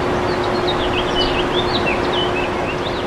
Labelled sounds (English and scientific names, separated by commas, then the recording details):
House Finch (Haemorhous mexicanus) song
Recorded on Long Island, New York, on 24 April 2012
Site AS
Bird B